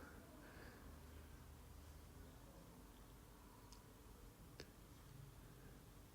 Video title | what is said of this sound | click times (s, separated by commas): BMW 5 SERIES F10 AC GRILL FIX !!! | press it and until you hear the click next is the start button | 4.6 s